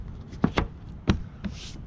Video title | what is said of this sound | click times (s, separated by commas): How To Use The 2018 Jeep Wrangler JL's Soft Top POV | bottom pieces, just slide under like so, lock into place. | 0.4 s, 0.6 s